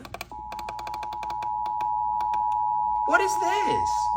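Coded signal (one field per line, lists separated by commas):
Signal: Emergency Alert System (SAME) tones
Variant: 853 and 960 Hz attention tone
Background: speech, music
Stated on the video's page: Compilation of real weather EAS alerts received by radio during a storm event.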